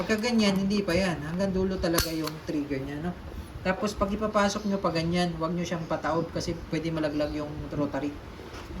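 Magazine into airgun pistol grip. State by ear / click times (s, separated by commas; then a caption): not seated / none. Someone talks while handling a dual-ammo magazine that holds a rotary, guiding it toward the grip of an Umarex Glock 17 Gen 3 Dual Ammo airgun pistol, with light handling rattles and taps under the speech. The magazine is kept from being held upside down because the rotary could fall out. Nothing has seated or clicked yet.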